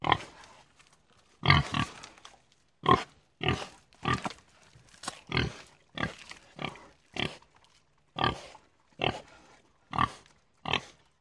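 Pig grunting: many short, rough grunts at irregular intervals, some doubled, with quiet pauses between them.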